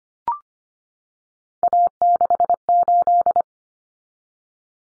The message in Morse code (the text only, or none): A68